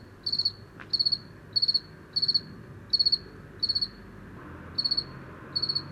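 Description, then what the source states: Two-spotted cricket song: short, high trilled chirps of about four pulses each, repeated in a steady series with one brief pause, over soft background noise. Heard late in the season on 21 October, after 8 pm on a mild night, in a small village street at 420 m altitude in Luc-en-Diois.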